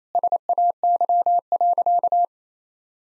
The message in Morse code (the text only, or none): SAY.